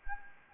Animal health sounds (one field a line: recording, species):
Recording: mosquito wingbeat signal from an infrared sensor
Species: Anopheles gambiae